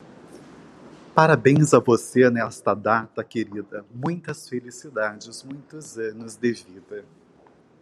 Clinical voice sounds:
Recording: short text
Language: Brazilian Portuguese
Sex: male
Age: 20 to 29 years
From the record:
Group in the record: control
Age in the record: 24 years

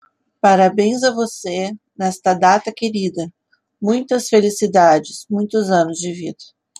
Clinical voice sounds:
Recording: short text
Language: Brazilian Portuguese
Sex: female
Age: 40 to 49 years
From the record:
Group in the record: control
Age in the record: 47 years

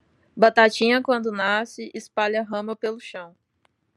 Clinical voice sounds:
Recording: short text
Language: Brazilian Portuguese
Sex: female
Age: 30 to 39 years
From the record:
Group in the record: control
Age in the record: 30 years

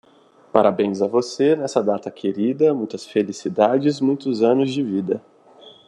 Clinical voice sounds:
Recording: short text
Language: Brazilian Portuguese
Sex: male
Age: 30 to 39 years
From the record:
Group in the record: control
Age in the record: 30 years

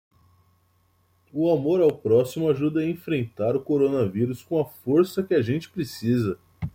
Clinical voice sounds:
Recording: spoken sentence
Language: Brazilian Portuguese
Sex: male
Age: 20 to 29 years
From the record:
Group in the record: control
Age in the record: 27 years

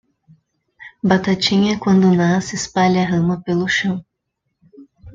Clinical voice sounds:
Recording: short text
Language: Brazilian Portuguese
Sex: female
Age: 30 to 39 years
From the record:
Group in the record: control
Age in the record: 30 years

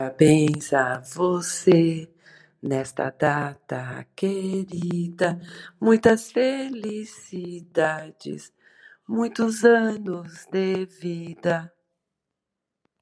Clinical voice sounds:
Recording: short text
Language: Brazilian Portuguese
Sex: female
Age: 50 to 59 years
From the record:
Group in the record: control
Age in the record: 56 years

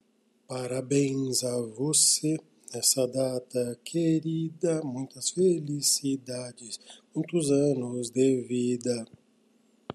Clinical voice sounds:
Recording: short text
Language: Brazilian Portuguese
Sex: male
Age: 50 to 59 years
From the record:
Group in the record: control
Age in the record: 53 years

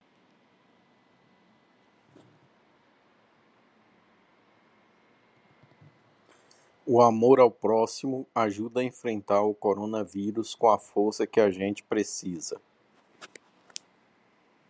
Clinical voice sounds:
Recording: spoken sentence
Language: Brazilian Portuguese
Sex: male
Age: 40 to 49 years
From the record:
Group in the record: control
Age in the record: 48 years

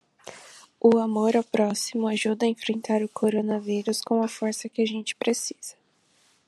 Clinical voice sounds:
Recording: spoken sentence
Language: Brazilian Portuguese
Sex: female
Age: 20 to 29 years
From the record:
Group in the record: control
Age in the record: 22 years

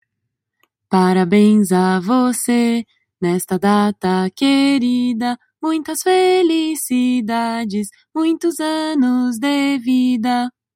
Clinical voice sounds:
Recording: short text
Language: Brazilian Portuguese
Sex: female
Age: 30 to 39 years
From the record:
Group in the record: control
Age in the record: 32 years

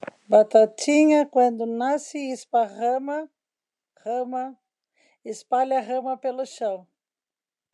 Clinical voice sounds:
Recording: short text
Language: Brazilian Portuguese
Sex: female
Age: 50 to 59 years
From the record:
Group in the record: control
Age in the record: 57 years

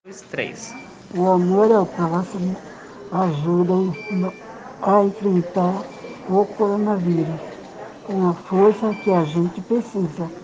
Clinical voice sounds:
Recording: spoken sentence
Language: Brazilian Portuguese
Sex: female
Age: 50 to 59 years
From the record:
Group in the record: respiratory insufficiency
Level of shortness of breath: 5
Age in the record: 51 years

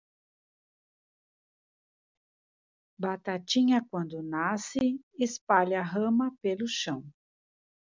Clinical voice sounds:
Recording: short text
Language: Brazilian Portuguese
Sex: female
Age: 60 to 69 years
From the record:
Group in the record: control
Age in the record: 63 years

